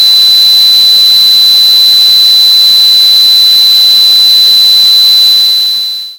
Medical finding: Tinnitus Simulation.